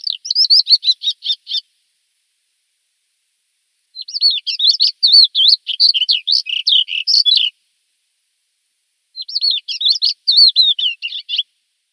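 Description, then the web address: Thekla's lark song: three bursts of rapid, high, twittering and warbled notes, each lasting one and a half to three and a half seconds, separated by silent gaps. "Schulze Peter Thekla Lark song"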